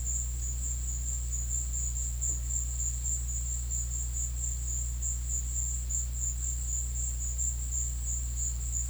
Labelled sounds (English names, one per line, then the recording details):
none
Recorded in pastures near Puerto Asís, Putumayo, Colombia, on 13 March 2025 at 15:30
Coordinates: 0.505, -76.324
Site GP08